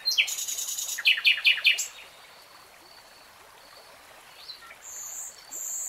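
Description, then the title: Nightingale song: a rapid series of harsh repeated notes for almost two seconds, then quiet with faint high notes. Nightingale singing in real time. "[Tiếng chim hót] 3 Hours REALTIME Nightingale Singing"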